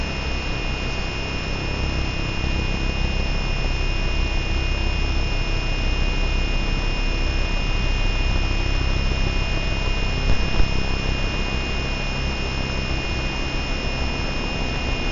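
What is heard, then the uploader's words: Electromagnetic interference picked up as a dense, unbroken hum and hiss that holds steady for the whole stretch. Several thin, constant tones whine through the upper range over a heavy low rumble, with only slight wavering and a small bump near ten seconds. 34 SONIC SKETCHBOOKS - SOMA ETHER. Vlad designed it for hearing the invisible electromagnetic frequencies that surround us. Ether is a handheld object, a little black box, that contains a magnetic antenna and an integrated electronic antenna.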